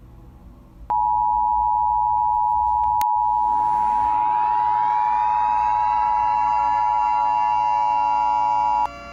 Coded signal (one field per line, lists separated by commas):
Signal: Emergency Alert System (SAME) tones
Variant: 853 and 960 Hz attention tone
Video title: EAS Scenario: Catastrophic Monster Tsunami